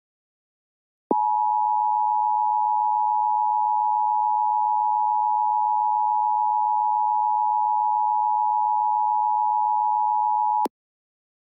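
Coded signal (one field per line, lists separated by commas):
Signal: Emergency Alert System (SAME) tones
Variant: 853 and 960 Hz attention tone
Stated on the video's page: Mock, simulated tornado warning alert, not a real broadcast.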